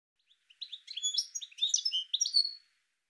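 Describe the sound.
Bird calls: a quick run of high chirping notes that rises into a busy twittering phrase lasting about two seconds.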